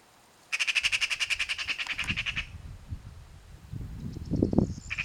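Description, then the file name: Eurasian magpie chatter: one fast, rasping rattle of evenly spaced notes lasting about two seconds, followed by low rumbling noise and the start of another rattle. "Pica pica"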